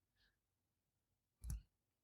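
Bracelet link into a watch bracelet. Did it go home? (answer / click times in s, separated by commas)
yes / 1.4 s, 1.5 s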